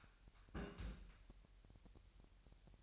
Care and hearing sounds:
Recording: daily activity, microphone in the room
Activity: place on stove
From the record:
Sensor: 2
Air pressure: 1001.8 hPa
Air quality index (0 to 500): 240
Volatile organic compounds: 31 ppm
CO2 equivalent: 2978 ppm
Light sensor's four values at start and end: 5/11/4/5 and 5/11/4/5

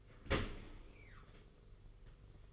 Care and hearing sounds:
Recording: daily activity, microphone in the room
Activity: open dishwasher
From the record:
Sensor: 4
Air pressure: 991.3 hPa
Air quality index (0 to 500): 157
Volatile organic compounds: 120 ppm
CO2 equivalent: 3878 ppm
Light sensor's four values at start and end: 22/72/27/27 and 22/73/27/28

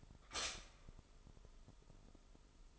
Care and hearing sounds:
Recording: daily activity, microphone in the room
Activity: stop toaster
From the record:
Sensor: 5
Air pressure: 988.7 hPa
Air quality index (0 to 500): 226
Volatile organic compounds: 150 ppm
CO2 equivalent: 4023 ppm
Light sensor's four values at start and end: 40/124/48/52 and 40/124/48/52

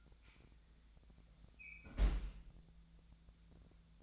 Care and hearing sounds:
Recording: daily activity, microphone in the room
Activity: close fridge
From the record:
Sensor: 3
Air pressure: 1009.7 hPa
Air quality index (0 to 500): 192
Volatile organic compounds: 15 ppm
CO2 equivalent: 2498 ppm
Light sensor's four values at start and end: 38/94/40/43 and 38/94/40/43

